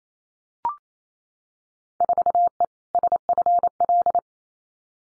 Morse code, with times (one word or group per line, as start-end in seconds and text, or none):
2.0-2.6 4E
2.9-4.2 SFL